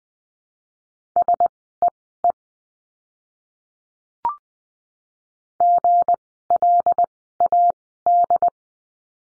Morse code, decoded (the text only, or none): SEE GLAD